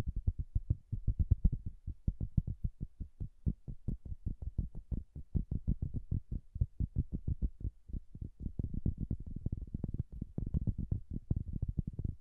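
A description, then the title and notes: Soft, bassy tapping in a steady stream of quick, muffled knocks, several each second, with little high end. The taps come in loose bursts that speed up and thin out, with a few slightly brighter clicks and no pauses over twelve seconds. ASMR Bassy and Soft Tapping Sounds. No Talking.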